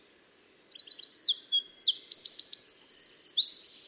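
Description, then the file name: Eurasian wren song: shrill twittering notes speeding into rolling trills and a brief buzzy rattle, then more rapid repeated notes, all high-pitched and energetic. "Troglodytes troglodytes"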